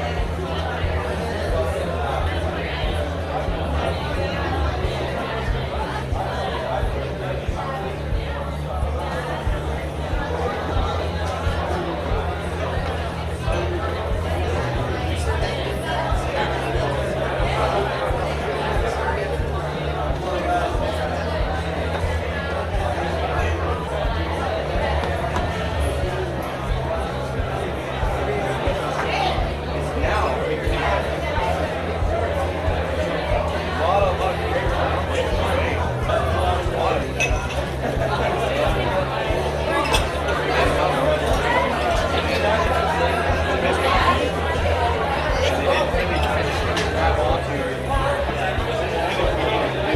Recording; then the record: background sound without coughing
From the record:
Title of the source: CITY SOUNDS Busy Bar in the Evening Night - 2 HOURS of Ambiance for Relaxation